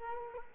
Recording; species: mosquito wingbeat signal from an infrared sensor; Culex quinquefasciatus